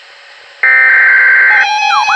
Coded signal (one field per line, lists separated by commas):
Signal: Emergency Alert System (SAME) tones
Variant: header bursts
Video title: XLF339 Severe Thunderstorm Warning #4 6/14/2021 (EAS #646)